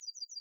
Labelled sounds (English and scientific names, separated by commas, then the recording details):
Yellowhammer (Emberiza citrinella) song
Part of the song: start
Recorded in the Czech Republic on 23 April 2015
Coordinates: 50.027, 16.191
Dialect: BE
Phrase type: E30
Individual ch008